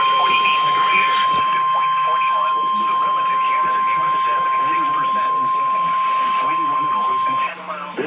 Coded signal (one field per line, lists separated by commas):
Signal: Emergency Alert System (SAME) tones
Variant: 1050 Hz attention tone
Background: speech